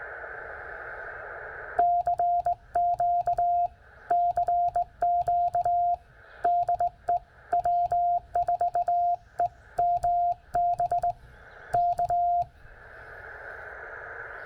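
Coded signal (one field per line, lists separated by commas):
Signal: Morse code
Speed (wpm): 19 wpm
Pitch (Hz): 700 Hz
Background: radio noise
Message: CQ CQ DE W4EMB K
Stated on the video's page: CW park activation at Stewart State Forest, Tennessee, keyed on a 1950s-60s Czech Army straight key with a Penntek TR45L; site has no RFI noise.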